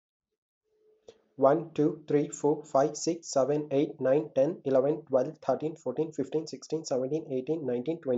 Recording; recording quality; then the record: counting at a fast pace; excellent, no background noise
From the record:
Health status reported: healthy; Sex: male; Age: 23 years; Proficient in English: yes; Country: India